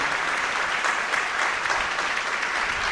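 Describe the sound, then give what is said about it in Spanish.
A crowd claps steadily in a dense, sustained wash of applause for the staff of the newspaper El Nuevo Día, even in loudness throughout with no pauses or voices standing out. “Quiero que le den un fuerte aplauso a todos los del Nuevo Día”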